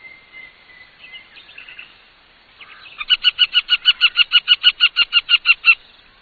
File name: busard cendre